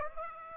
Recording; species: mosquito wingbeat signal from an infrared sensor; Aedes aegypti